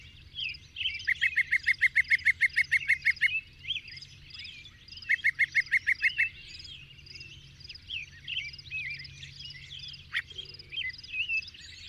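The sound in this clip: Bird song, two rapid trills of quickly repeated notes over a busy background chorus of chirping and twittering birds, with steady low hum.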